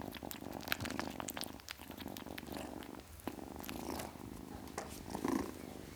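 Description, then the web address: Domestic cat purr, a continuous rough vibration with some soft clicks and rustles. Ten-week-old kitten, purring. "BBC Sound Effects Library. Ten Week Old Kitten, Purring"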